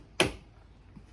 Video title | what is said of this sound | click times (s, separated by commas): LG Tumble Dryer Noise Not Turning Repair. You can Fix This | sort of lock into place beautiful | 0.2 s